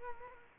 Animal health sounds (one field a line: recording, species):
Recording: mosquito wingbeat signal from an infrared sensor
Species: Culex quinquefasciatus